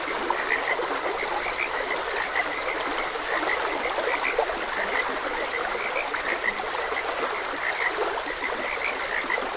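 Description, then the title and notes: Frogs croaking in a steady chorus, short high chirps repeating rapidly throughout, over the constant rush of flowing water. Frogs croaking beside a gentle stream. "Gentle Stream and Frogs Croaking. Sleep and Relaxation Podcast"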